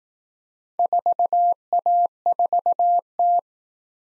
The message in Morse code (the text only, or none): 4A4T